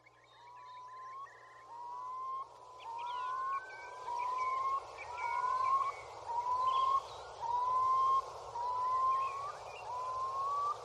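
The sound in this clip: Eurasian curlew song: a steady series of rising whistled notes, each swelling upward, repeated roughly once a second.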